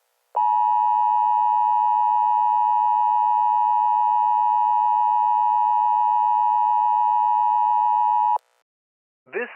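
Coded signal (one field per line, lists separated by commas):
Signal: Emergency Alert System (SAME) tones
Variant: 853 and 960 Hz attention tone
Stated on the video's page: Fictional EAS scenario about a sudden extreme temperature drop; simulated, not a real alert.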